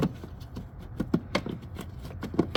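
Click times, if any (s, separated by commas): none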